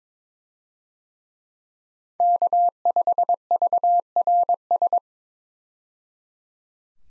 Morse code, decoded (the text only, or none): K5VRS